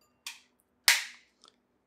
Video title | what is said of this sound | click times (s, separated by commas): How To Pull Apart & Reassemble Contigo AutoSpout Lid | you should hear a click and it should be pretty stuck on now | 0.9 s